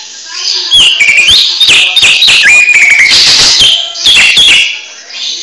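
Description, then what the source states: Greater green leafbird song: ringing whistles sliding down and up, mixed with rapid dry chattering clicks and bursts, delivered in a dense, fast, varied stream. Training recording for cage birds (masteran) in the receh song style; local name cucak ijo.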